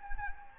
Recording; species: mosquito wingbeat signal from an infrared sensor; Anopheles gambiae